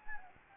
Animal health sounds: mosquito wingbeat signal from an infrared sensor; Anopheles gambiae

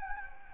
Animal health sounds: mosquito wingbeat signal from an infrared sensor; Anopheles gambiae

